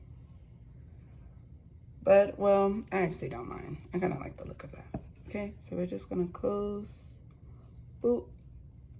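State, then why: Not seated. A gold-filled jump ring on an earring is handled with pliers as someone talks, getting ready to close the ring's ends. The ring has not snapped shut or clicked yet by the end of the clip.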